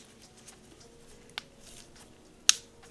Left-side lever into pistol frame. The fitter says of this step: until it clicks